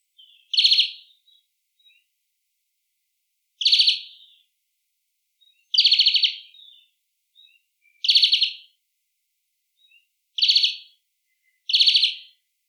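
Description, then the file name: European greenfinch giving short, buzzy trilled call notes, six of them spaced about one to three seconds apart, with a quiet background. "Chloris chloris"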